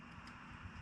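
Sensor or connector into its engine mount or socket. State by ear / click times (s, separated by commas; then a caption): not seated / none. A sensor or its connector is being pushed into its mount or socket on the firewall side of an LS4 engine in a Grand Prix GXP during an AFM/DOD delete. Only a steady, low broadband rumble is heard, with no distinct transients. Nothing has seated or clicked yet.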